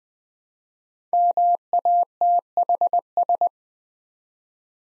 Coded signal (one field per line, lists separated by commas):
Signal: Morse code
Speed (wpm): 20 wpm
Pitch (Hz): 700 Hz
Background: none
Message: MATHS